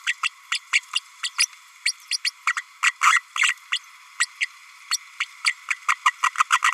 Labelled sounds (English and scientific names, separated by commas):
Green-rumped Parrotlet (Forpus passerinus) babbling